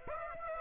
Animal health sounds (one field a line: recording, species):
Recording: mosquito wingbeat signal from an infrared sensor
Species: Aedes aegypti